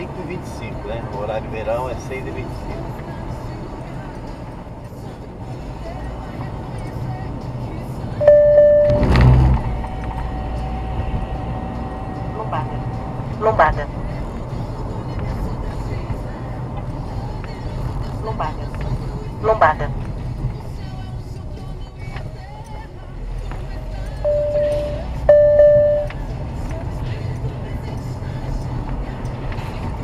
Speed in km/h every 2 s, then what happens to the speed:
66, 51, 50, 49, 54, 57, 54, 50, 42, 25, 17, 26, 36, 45, 50.
0-6 slows to 49. 6-10 speeds up to 57. 10-19 brakes to 17. 20-30 speeds up to 50.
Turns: none.